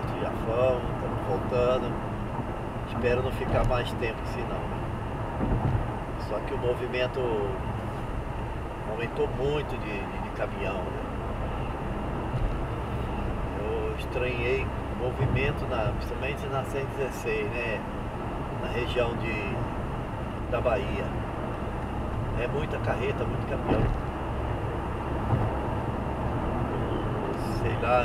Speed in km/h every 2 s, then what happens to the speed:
99, 99, 99, 99, 99, 101, 102, 103, 101, 100, 102, 103, 106, 107.
0-18 steady at about 99. 18-28 speeds up to 107.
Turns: none.